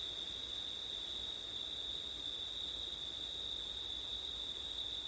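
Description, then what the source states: Unbroken high cricket chirring blending into one even tone, low wind noise beneath. Several crickets singing on a windy September night.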